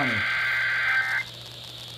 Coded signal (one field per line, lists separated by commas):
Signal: Emergency Alert System (SAME) tones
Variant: end-of-message bursts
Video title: DC Monthly May 2022, North Anna Q2 2022 RMT, and a perfectly timed hint of Sterling(EAS 2,619-2,659)